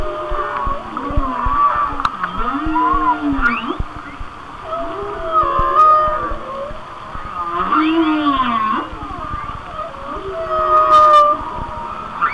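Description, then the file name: Whale song of long moaning tones that bend up and down, with rising whoops and higher squeals layered over a steady underwater crackle. "Whale Songs- Mike Mc Donald"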